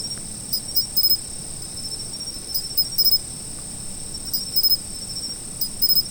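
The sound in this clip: Autumn insects: an unbroken shrill trill with short bursts of quick pulsed chirps at irregular intervals.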